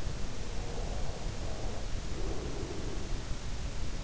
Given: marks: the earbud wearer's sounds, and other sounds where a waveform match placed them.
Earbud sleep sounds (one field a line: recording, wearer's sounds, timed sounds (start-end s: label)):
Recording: sounds in sleep by an in-ear microphone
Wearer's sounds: breath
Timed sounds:
0.32-3.52 s: breath